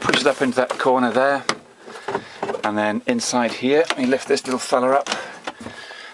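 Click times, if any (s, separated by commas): 5.5 s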